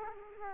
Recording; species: mosquito wingbeat signal from an infrared sensor; Culex quinquefasciatus